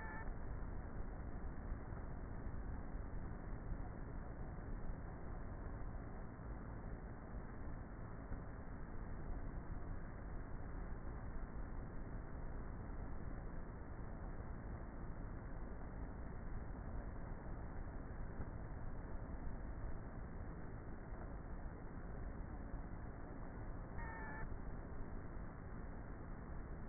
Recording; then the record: honeybee colony, microphone inside the hive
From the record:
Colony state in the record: queenless with a low population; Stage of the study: before two queens were removed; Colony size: about 30,000 bees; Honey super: no